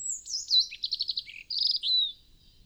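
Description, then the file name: European robin song: a clear, high, thin phrase that opens with a falling whistle, then a rapid series of tinkling trilled notes and a final sweet warble. "Erithacus rubecula"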